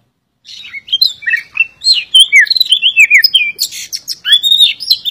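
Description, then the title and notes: Magpie-robin song: rapid varied phrases of clear whistled slurs and rising and falling notes mixed with sharp chirps, delivered almost continuously after a brief silent start. "suara kacer. kumpulan suara burung kacer"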